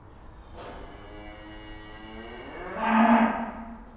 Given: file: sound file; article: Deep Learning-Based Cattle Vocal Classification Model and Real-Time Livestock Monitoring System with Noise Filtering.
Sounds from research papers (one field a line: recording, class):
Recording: cattle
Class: food anticipating call